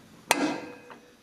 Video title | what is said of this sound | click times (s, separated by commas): John Deere Two Cylinder Tractor Clutch Adjustment | a nice snap as it engages | 0.3 s